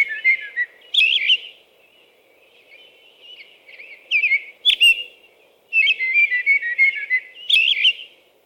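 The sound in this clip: American robin song of short whistled warbles and sharp high squeaks, first spaced out, then a denser run of phrases at the end; light low hum.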